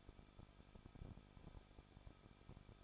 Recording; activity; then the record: daily activity, microphone in the room; no activity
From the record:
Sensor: 5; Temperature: 20.9 degrees Celsius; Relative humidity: 38.2%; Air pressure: 1006.5 hPa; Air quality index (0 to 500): 187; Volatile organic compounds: 18 ppm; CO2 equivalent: 2621 ppm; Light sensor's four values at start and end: 2/3/1/1 and 2/3/1/1